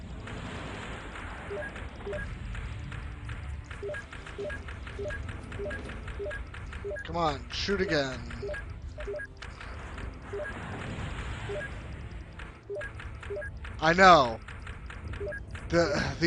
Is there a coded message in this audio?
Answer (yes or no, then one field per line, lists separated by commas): no